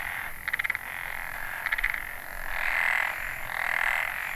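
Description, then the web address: Frog croaks, two bursts of rapid pulsed clicks in the first two seconds, then longer trills over a steady background chorus of frogs. Recorded in northern Nanyo, Ehime Prefecture, Japan, on 29 May 2014. "ehimekennanyohokubu. kaeru"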